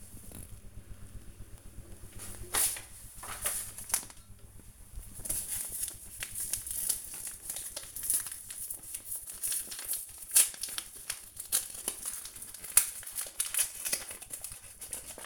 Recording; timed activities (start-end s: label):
household activities, microphone on the right wrist
7.82-15.26 s: baking